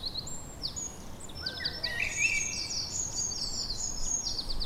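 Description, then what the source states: Birds giving high thin whistles and fast trills, overlapping throughout, with a lower chirp midway and faint background noise. Evening birdsong.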